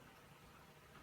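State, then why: Not seated. The small black-toned folding knife blade of a pocket multitool with an adjustable wrench and pliers is opened and checked for a lock in the open position, but it has no lock and is simply pushed back down. Only a steady broadband hiss with a low rumble is heard, with no sudden sounds. Nothing has locked or clicked yet.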